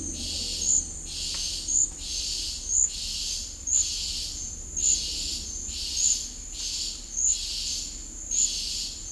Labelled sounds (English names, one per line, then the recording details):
none
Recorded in dense forest near Puerto Asís, Putumayo, Colombia, on 26 December 2024 at 11:00
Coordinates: 0.484, -76.325
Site G056